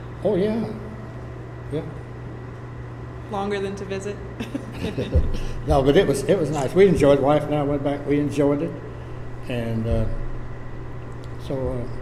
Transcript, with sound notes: Oh yeah! Yeah.
Longer than to visit [Chuckling]
No, but it was, it was nice. We enjoyed it, the wife and I went back, we enjoyed it and…so…I